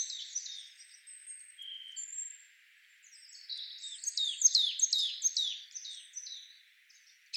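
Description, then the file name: Marsh tit calls: a few thin high notes, then a series of high, sharply dropping chips. "Poecile palustris"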